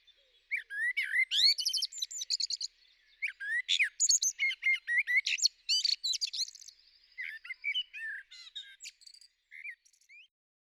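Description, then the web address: Common blackbird song, a dense run of rich warbled notes mixed with rapid high chittering twitters, phrases following closely for about ten seconds. "2021 04 09-merel"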